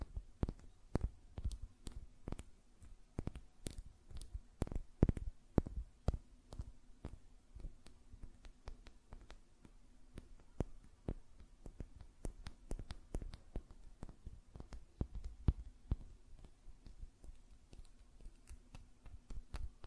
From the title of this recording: Tapping on Nails, Finger Fluttering, Hand Sounds